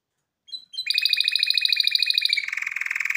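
Canary giving a brief opening note, then a steady buzzy trill with ringing overtones that drops into a lower, harsher rattle near the end.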